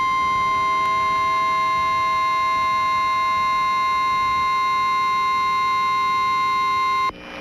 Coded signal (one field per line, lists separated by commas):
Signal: Emergency Alert System (SAME) tones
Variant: 1050 Hz attention tone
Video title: EAS During Santiago of the Seas (November 18 2024)